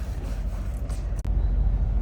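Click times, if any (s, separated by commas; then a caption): none. A small plastic cord clip is pushed toward its mount on the far side of a truck cab's curtains over a steady low engine rumble. Two faint hits come at about 1.2 and 1.3 seconds from the fumbling. Nothing has clicked or locked into place yet.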